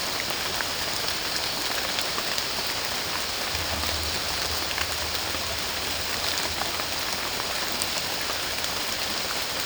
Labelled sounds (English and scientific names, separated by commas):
none